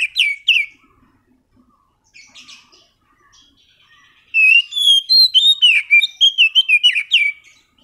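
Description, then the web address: Oriental magpie-robin song: two brief whistled notes, faint soft twitters, then a fast run of loud, sweet, varied whistles and chirps from about halfway through. Master song used as a lure to trigger a magpie-robin that has stopped singing. "kacer pancingan macet bunyi. masteran kacer"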